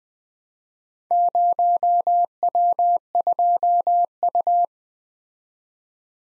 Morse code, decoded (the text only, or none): 0W2U